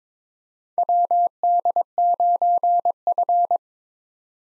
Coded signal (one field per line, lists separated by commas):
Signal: Morse code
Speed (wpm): 22 wpm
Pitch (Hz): 700 Hz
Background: none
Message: WD9F